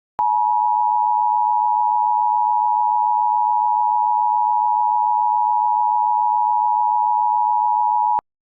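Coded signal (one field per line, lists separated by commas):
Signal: Emergency Alert System (SAME) tones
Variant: 853 and 960 Hz attention tone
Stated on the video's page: Fictional EAS scenario, simulated alert.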